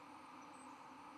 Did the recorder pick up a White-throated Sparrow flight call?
no